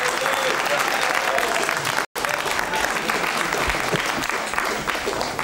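A TV game-show studio audience of fellow contestants applauds steadily, a dense wash of clapping that stays loud throughout, broken only by a brief cut to silence partway through.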